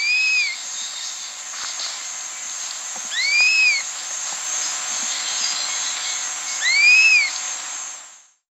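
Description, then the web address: Chestnut-capped puffbird: three slurred whistles, each rising and dropping, against constant high-pitched insect noise that fades at the end. Recorded in South America. "Natures Songs S America Chestnut-capped Puffbird"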